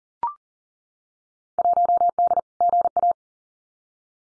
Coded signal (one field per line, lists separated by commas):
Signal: Morse code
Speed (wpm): 42 wpm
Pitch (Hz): 700 Hz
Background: none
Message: 1D GA